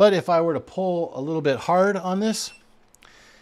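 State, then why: Torque reached. A man talks while pulling a click-type torque wrench a little harder against a torque tester, then the wrench's mechanism breaks over with short metallic clicks at 3.0 s and 3.0 s (2.95 and 3.03 s). The wrench clicks at its setting, and the tester also shows any extra over-torque added after the click.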